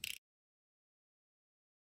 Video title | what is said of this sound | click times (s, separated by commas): P414/P460A/P480 Pump Repair Video | until it clicks | 0.0 s